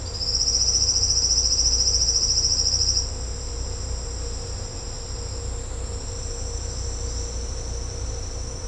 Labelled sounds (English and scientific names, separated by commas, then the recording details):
none
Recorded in secondary vegetation near Puerto Asís, Putumayo, Colombia, on 18 December 2024 at 09:00
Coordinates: 0.502, -76.326
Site G028